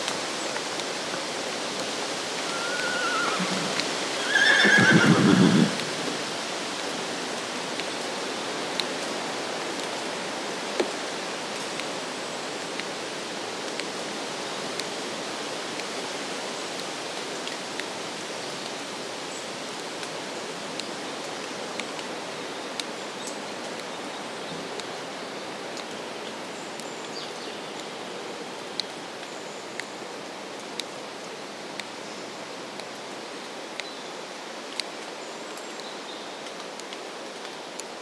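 An ancient woodland soundscape of steady hissing air, with a louder rush near five seconds and faint sharp twig-like clicks scattered throughout.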